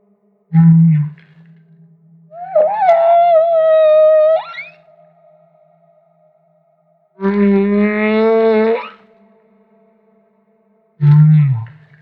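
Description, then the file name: Humpback whale song with a low grunting moan, a long harmonic-rich tonal wail that rises sharply at its end, another sustained cry, and a final low grunt. Recorded off Maui. "Humpback Whale - Maui Whale One"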